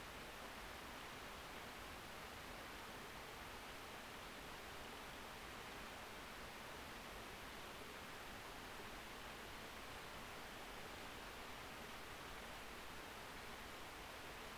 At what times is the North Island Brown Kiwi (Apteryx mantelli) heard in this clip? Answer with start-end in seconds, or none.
none